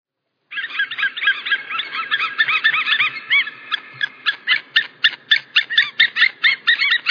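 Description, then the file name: White-tailed eagle with a rapid, chattering string of yelps, crowded at first, then spreading into separate, evenly spaced barking notes. "Havørn"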